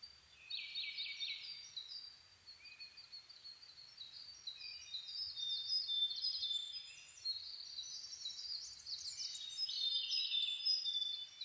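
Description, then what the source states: Bird chorus with overlapping high twittering, buzzy trills and clear whistles, several birds singing at once. Dawn chorus of birds (reimei, dawn; saezuri, birdsong) on 10 May 2010.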